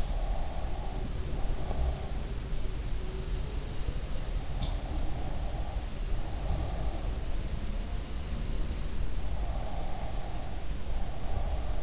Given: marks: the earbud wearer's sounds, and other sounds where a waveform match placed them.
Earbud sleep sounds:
sounds in sleep by an in-ear microphone; breath
0.00-2.13 s: breath
4.59-7.30 s: breath
9.50-11.83 s: breath

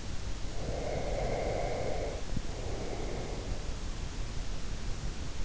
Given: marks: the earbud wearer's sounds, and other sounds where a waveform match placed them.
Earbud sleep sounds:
sounds in sleep by an in-ear microphone; breath
0.45-3.81 s: breath

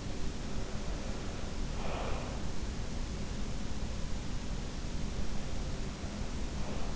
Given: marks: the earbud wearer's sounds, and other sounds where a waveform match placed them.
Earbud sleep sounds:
sounds in sleep by an in-ear microphone; breath
0.38-2.43 s: breath

